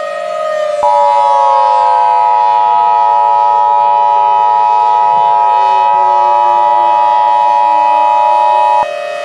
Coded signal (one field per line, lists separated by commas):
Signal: Emergency Alert System (SAME) tones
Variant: 853 and 960 Hz attention tone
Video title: Halloween EAS Scenario: Everything's Gone